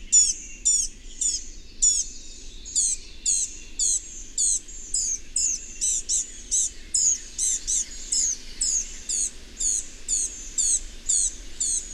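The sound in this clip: Bird song: high, sharp chirped notes repeated about twice a second, each note sweeping in pitch, over faint low background noise.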